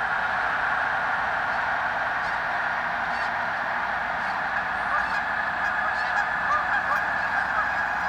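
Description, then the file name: Snow goose: snow geese massed together, their honks merging into a continuous even roar. Snow geese taking off. "Sherk Scott Snow Geese take-off"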